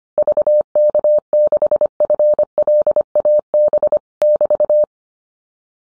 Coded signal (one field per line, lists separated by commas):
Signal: Morse code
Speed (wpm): 25 wpm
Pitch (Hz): 600 Hz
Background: none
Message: VK6FLAB <BT>